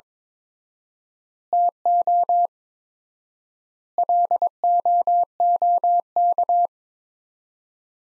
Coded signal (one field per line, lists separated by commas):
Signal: Morse code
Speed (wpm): 22 wpm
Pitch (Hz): 700 Hz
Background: none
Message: TO LOOK